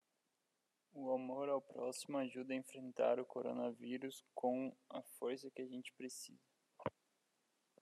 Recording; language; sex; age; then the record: spoken sentence; Brazilian Portuguese; male; 18 to 19 years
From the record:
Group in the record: control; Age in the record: 19 years